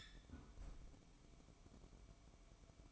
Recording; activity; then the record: daily activity, microphone in the room; close fridge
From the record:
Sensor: 1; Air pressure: 1007.9 hPa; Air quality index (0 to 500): 106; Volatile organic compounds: 1 ppm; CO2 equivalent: 897 ppm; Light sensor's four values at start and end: 12/30/12/14 and 12/30/12/14